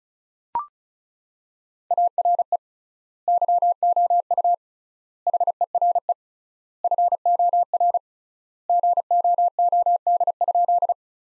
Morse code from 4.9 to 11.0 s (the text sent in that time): HERE FOR GOOD?